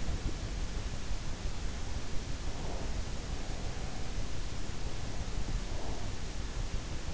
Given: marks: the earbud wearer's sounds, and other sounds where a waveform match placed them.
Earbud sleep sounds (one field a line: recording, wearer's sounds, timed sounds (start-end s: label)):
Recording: sounds in sleep by an in-ear microphone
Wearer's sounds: breath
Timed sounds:
2.18-3.29 s: breath
2.48-4.43 s: sound from someone else or the room
5.44-6.63 s: breath